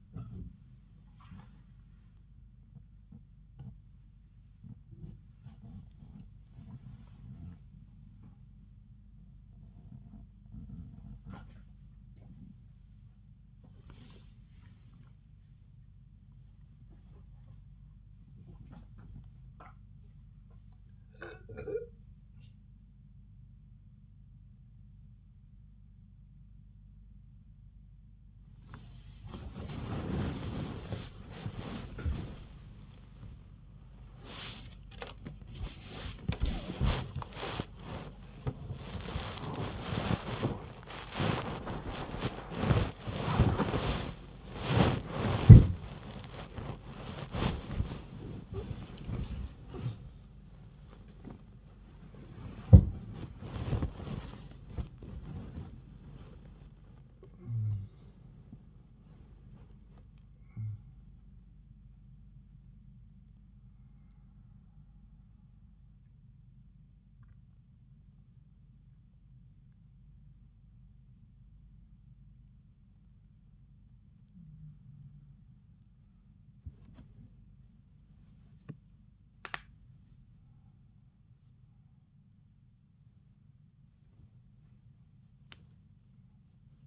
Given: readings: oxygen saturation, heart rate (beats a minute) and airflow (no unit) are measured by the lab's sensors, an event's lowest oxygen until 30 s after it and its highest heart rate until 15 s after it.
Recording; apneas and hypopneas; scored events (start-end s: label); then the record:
a person awake in a sleep study, by a smartphone at the bedside; none
0.00-86.87 s: awake
From the record:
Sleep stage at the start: awake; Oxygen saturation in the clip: 94 to 96%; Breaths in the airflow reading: 23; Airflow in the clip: -8.0 to 10.2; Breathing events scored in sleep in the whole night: 270 in 6.1 hours asleep